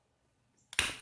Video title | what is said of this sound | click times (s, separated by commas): ZEBLAZE Blitz Smartwatch: Complete Teardown | there you hear that snap one of two things I broke it | 0.7 s, 0.8 s